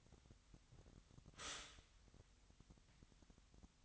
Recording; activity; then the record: daily activity, microphone in the room; stop toaster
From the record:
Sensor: 3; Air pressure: 1001.9 hPa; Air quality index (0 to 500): 246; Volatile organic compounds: 49 ppm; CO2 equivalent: 3282 ppm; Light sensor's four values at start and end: 14/41/17/15 and 14/41/17/15